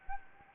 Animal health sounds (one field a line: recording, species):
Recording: mosquito wingbeat signal from an infrared sensor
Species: Anopheles gambiae